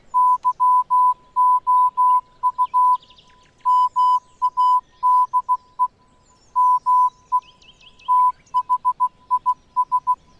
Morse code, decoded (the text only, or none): YOU MADE ME THIS